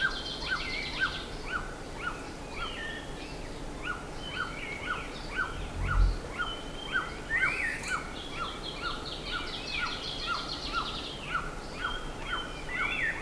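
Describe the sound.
Bird: steady series of short bird notes about twice a second, layered with higher whistled chirps and rapid trills; a single dull thump midway.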